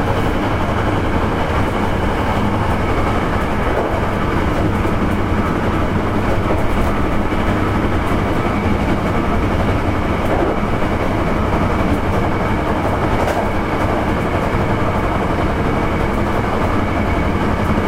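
A Hankyu 9300 series train runs on the Kyoto Line, with a steady low rumble and rolling noise filling the whole stretch. The loudness stays constant, with a faint hum band and occasional soft clicks, around four, ten and thirteen seconds.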